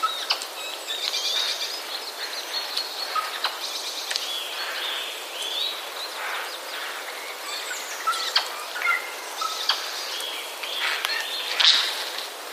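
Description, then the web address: Eurasian jay chatter: varied squeaky whistles mixed with rasping, noisy bursts and clicks in irregular phrases, plus occasional louder notes. Chatter of jays, recorded on 31 March 2013. "wroblowe kolekcja szczebiotsojek 31 03 2013"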